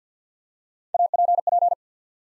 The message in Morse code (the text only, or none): A P P